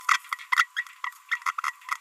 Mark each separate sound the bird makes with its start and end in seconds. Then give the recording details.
0.09-0.16, 0.32-0.34, 0.52-0.64, 0.77-0.81, 1.04-1.09, 1.31-1.38, 1.46-1.51, 1.58-1.70, 1.89-1.96. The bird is a female. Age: 30 days. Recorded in a nest box in Venezuela. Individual 17B42B1